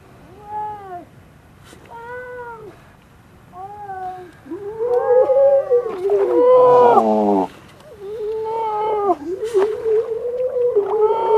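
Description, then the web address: Grey seal calling in short arched moans about two seconds apart, then a louder, rougher wail that sweeps down and a long sustained moan. "gray seal"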